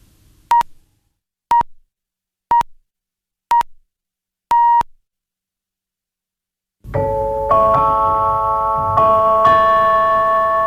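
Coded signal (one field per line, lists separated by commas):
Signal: radio time signal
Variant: Polskie Radio pips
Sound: four short beeps a second apart, a longer fifth beep, then a musical jingle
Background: station jingle music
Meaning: The last, longer pip marks the full hour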